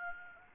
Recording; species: mosquito wingbeat signal from an infrared sensor; Aedes albopictus